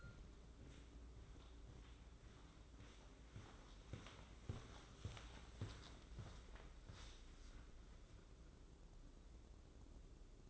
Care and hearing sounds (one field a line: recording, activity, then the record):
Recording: daily activity, microphone in the room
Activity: walk to room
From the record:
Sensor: 3